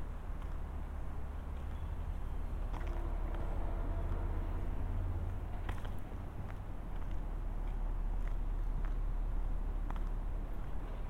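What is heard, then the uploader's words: A walk through a downtown street, with a steady low rumble of traffic dominating throughout. A vehicle engine hums more strongly from about three to six seconds, and scattered clicks and brief sharp taps of footsteps and street activity punctuate the background. A binaural recording of a walk from our house to the Mount Vernon Public Library. It is located in downtown Mount Vernon, across from the Post Office and up the hill from the Mount Vernon East Metro North Station.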